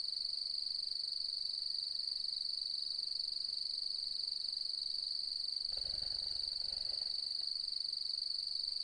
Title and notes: Autumnal Dusk At Mungo National Park, NSW, Australia. As the light fades and the full moon rises.. the nocturnal cricket song begins and fluctuates. Recorded on the 4th of May, 2015 in the outback